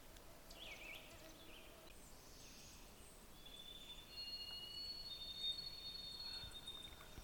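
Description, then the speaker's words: White-throated Sparrow song, thin pure high whistles held steady, two singers overlapping in the second half, over a soft hiss of background noise. Two birds singing at once with overlapping, competing songs, phrase 'Old Sam Peabody, Peabody'; near a house in Cook County, Minnesota, on a quiet, foggy, wet morning. "the call of two white-throated sparrows that kind of overlapped each other. They sing that clear whistle song, Old Sam Peabody, Peabody."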